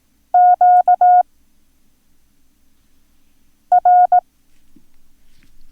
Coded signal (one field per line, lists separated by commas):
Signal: Morse code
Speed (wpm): 18 wpm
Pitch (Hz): 720 Hz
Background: none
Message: QR